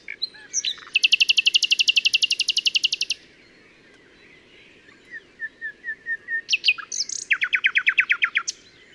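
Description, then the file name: Common nightingale singing a dense buzzy rattle lasting about two seconds, then a slow series of soft piping notes building into another rapid rattled phrase. "Luscinia megarhynchos"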